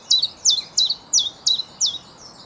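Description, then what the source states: Common Chiffchaff song: six loud, high, downslurred notes in quick, even succession. Male song proclaiming territory and attracting females; one of the first summer migrants back to Britain, where it breeds and eats insects, wintering in the Mediterranean or North Africa.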